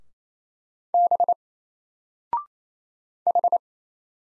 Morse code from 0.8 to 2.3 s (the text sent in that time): B